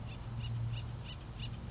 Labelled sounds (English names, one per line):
Acorn Woodpecker